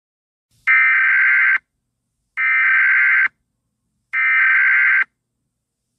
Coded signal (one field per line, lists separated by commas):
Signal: Emergency Alert System (SAME) tones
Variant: header bursts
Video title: EAS Scenario: The Halloween Masscure!!